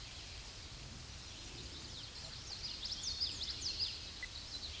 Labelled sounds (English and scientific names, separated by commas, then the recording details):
Common Yellowthroat (Geothlypis trichas) song
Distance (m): 15 m
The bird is about 5 m above the microphone
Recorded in a Pennsylvania forest on 16 May 2024 at 06:52
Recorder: AudioMoth, point MSD-0665
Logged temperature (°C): 16.1 °C
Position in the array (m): 85 m, 83 m